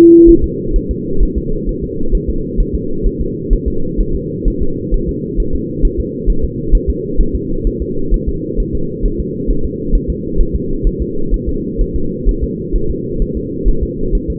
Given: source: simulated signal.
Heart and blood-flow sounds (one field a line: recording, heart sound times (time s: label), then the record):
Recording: fetal heart sounds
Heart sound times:
0.29 s: S1
0.44 s: S2
0.76 s: S1
0.91 s: S2
1.23 s: S1
1.38 s: S2
1.69 s: S1
1.84 s: S2
2.15 s: S1
2.29 s: S2
2.60 s: S1
2.75 s: S2
3.06 s: S1
3.21 s: S2
3.53 s: S1
3.68 s: S2
4.00 s: S1
4.15 s: S2
4.48 s: S1
4.62 s: S2
4.94 s: S1
5.09 s: S2
5.40 s: S1
5.55 s: S2
5.85 s: S1
6.00 s: S2
6.30 s: S1
6.44 s: S2
6.75 s: S1
6.90 s: S2
7.21 s: S1
7.35 s: S2
7.67 s: S1
7.82 s: S2
8.14 s: S1
8.29 s: S2
8.60 s: S1
8.75 s: S2
9.06 s: S1
9.20 s: S2
9.50 s: S1
9.65 s: S2
9.95 s: S1
10.10 s: S2
10.41 s: S1
10.55 s: S2
10.87 s: S1
11.02 s: S2
11.34 s: S1
11.49 s: S2
11.81 s: S1
11.96 s: S2
12.29 s: S1
12.44 s: S2
12.76 s: S1
12.91 s: S2
13.22 s: S1
13.37 s: S2
13.68 s: S1
13.83 s: S2
14.15 s: S1
14.30 s: S2
From the record:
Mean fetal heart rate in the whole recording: 130 bpm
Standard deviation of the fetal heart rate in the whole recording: 4 bpm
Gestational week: 38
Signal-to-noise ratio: -8.1 dB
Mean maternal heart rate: 72 bpm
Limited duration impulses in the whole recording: present